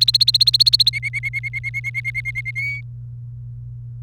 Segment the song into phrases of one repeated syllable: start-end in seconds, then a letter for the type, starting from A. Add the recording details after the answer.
0.00-0.90 A, 0.93-2.51 B, 2.56-2.81 C. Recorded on 28 April 2018 at 13:33. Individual llb3